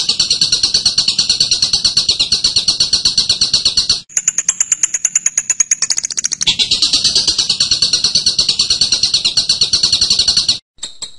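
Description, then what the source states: Bird delivering loud, very rapid high chirping, switching midway to a thinner, higher trill of clicks before returning to full chatter; a short silence near the end. Masteran birdsong training recording of bird sounds.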